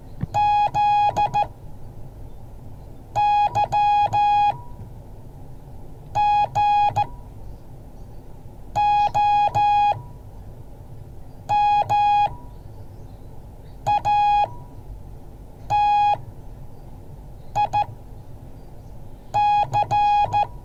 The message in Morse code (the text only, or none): ZYGOMATIC